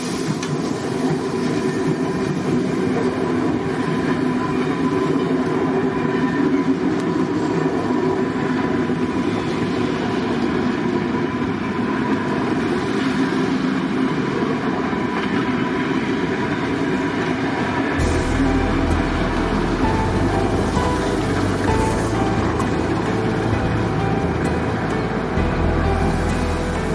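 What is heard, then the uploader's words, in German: A steam locomotive rumbles along in a steady, dense roar of low and middle tones, with faint tonal lines running through it. The level stays even throughout. From about eighteen seconds a deeper throbbing enters underneath, pulsing in uneven blocks until the end. DFS Nikolausfahrt mit der Museumsbahn - Vorbei an der Ruine Neideck. In Ebermannstadt & Streitberg, Dampflok & Schneefall schauen.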